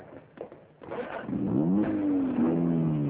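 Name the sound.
car engine driving off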